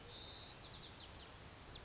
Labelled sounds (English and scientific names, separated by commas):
White-crowned Sparrow (Zonotrichia leucophrys)